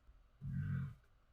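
A single low, rumbling snore of about half a second rises out of quiet room noise and then fades. It is deep and throaty with no higher whistling tone: Rufio, a pet, extremely asleep and snoring quite loudly.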